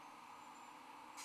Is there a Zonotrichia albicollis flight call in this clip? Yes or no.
no